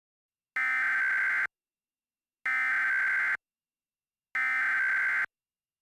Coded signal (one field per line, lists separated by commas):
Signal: Emergency Alert System (SAME) tones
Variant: header bursts